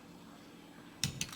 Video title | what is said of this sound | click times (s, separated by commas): How To Disassemble/Assemble A Rear Derailleur | push it in so it locks into place | 1.0 s, 1.2 s